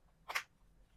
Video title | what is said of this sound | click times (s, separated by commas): NVNV Cooling Fan for Quest 3 | And once you hear those snaps, you're good to go. | 0.3 s, 0.4 s